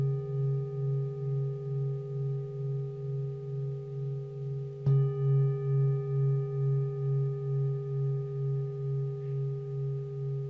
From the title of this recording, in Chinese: 頌缽音樂演奏